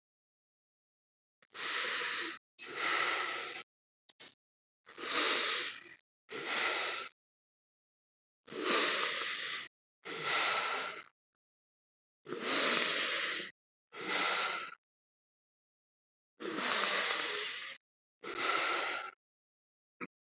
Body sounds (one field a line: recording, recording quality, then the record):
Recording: deep breathing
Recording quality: excellent, no background noise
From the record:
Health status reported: respiratory illness, not identified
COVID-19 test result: negative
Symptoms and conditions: cough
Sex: male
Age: 28 years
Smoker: not ticked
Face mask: not worn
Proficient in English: no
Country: India